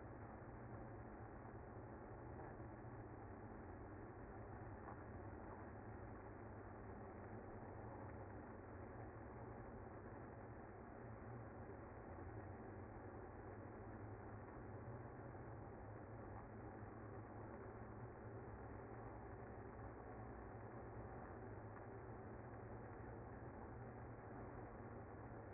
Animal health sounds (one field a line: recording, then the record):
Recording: honeybee colony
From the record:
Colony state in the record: active